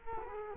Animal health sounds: mosquito wingbeat signal from an infrared sensor; Culex quinquefasciatus

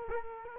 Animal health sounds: mosquito wingbeat signal from an infrared sensor; Culex quinquefasciatus

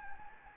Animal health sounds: mosquito wingbeat signal from an infrared sensor; Anopheles gambiae

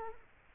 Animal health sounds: mosquito wingbeat signal from an infrared sensor; Culex quinquefasciatus

